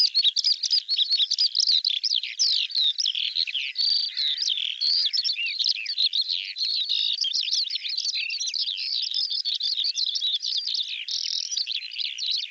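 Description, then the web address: Bird song: a long, dense run of high warbling chirps and slurred whistles, varied and continuous, with no breaks. Audio cleaned and normalized. "cianscape birddata Deverinetal 2025 File cleaned normalized Bird"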